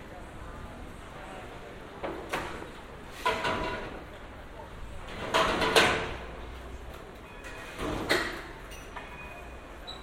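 A binaural field recording in Amsterdam: a steady low hum runs under scattered voices. Brief louder bursts come around 2, 3, 5.5 and 8 seconds, like short swishes or passing movement, with faint clinks and a thin high tone near the end.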